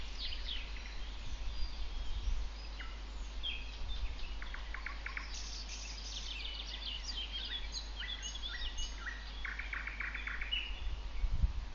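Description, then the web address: Nightingale song: short whistled phrases broken by rapid runs of repeated clicking notes, over a low steady rumble. Song in Shumerlya district on 17 May 2012. "el-canto-del-ruisenor-distrito-de-schumerlya-17-de-mayo-de-2012"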